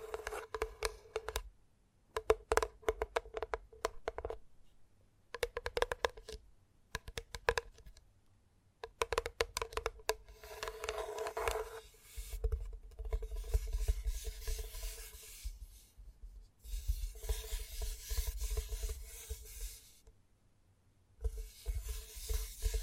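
Gentle tapping comes in quick, dense bursts of light clicks, broken by short pauses of near silence every few seconds. From about the middle onward the tapping thickens into a steadier, rustling patter, and a faint low hum sits under it throughout.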